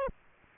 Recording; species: mosquito wingbeat signal from an infrared sensor; Aedes aegypti